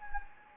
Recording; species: mosquito wingbeat signal from an infrared sensor; Anopheles gambiae